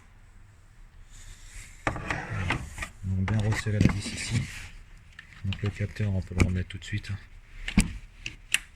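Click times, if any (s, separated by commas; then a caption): 8.5 s. While refitting the air filter box on the engine of a 2017 Peugeot 208 1.2 PureTech 82 hp during an air filter change, someone talks while the box's electrical connector is pushed back into place by hand. Scattered handling knocks follow, then a small sharp click at 8.5 s shows the connector is properly locked and seated.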